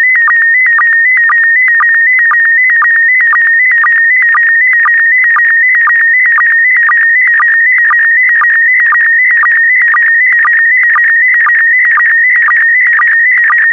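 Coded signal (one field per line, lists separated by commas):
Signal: SSTV (slow-scan television)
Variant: PD120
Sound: continuous warbling tone near 2 kHz with a short low blip about twice a second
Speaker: transmission complete you can now check your decoded image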